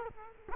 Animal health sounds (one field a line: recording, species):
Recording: mosquito wingbeat signal from an infrared sensor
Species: Culex quinquefasciatus